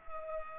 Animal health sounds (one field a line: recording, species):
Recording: mosquito wingbeat signal from an infrared sensor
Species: Culex pipiens